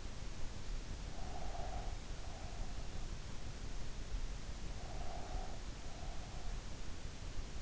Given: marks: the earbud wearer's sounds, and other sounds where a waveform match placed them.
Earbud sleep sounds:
sounds in sleep by an in-ear microphone; breath
1.17-2.87 s: breath
4.70-6.56 s: breath

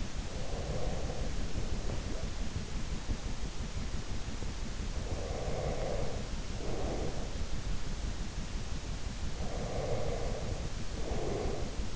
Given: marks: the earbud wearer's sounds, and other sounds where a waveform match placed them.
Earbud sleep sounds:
sounds in sleep by an in-ear microphone; breath
0.00-3.03 s: breath
4.88-7.63 s: breath
9.36-11.96 s: breath

